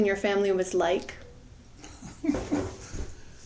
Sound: laughter

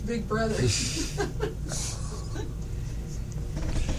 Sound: laughter

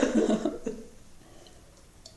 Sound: laughter

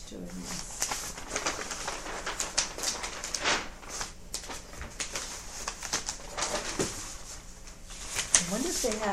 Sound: unrolling paper

